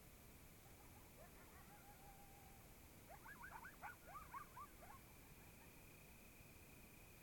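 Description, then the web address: Coyote giving faint yips, one thin drawn-out note early, then a short cluster of quick yelps in the middle before quiet returns. Several coyotes recorded in Oregon in 2015. "Discover Oregon - Coyotes Coyotes 2015 Medlock Loudest Quiet Coyotes"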